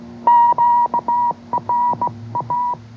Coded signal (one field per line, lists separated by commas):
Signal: Morse code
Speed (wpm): 19 wpm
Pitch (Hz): 940 Hz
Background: none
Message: QRA